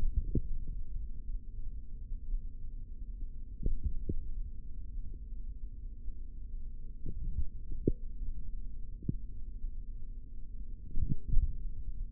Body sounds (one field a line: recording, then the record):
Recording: forearm muscle sounds (acoustic myography)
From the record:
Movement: tripod grip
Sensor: system 3, bracelet of six PUI Audio POM-2738L microphones around the upper forearm, with dedicated amplification and filtering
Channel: 3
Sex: male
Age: 25 years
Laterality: right